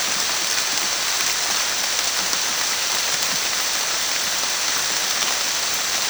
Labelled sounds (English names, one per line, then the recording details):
none
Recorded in dense forest near Puerto Asís, Putumayo, Colombia, on 29 June 2025 at 13:00
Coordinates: 0.484, -76.317
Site G045